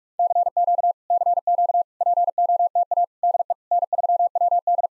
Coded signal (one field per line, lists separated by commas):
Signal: Morse code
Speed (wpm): 46 wpm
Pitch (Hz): 700 Hz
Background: none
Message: CQ CQ POTA DE N3WD